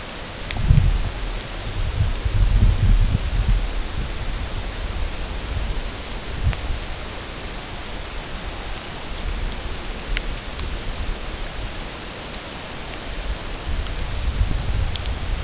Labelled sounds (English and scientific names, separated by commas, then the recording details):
none
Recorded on Arctic tundra, site UTQI-8, on 16 June 2019
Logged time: 00:00